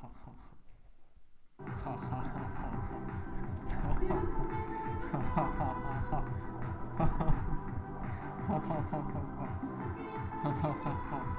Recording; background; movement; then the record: laughter; music; sitting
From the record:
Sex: male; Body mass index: 23.7 kg/m2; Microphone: on the chest, facing the body